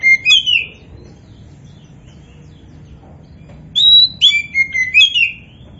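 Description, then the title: Oriental magpie-robin phrases: two brief bursts of clear whistled and down-slurred notes, separated by a quiet pause. Oriental magpie-robin of the poci type in gacor form (steady, vigorous singing). "Kacer Poci"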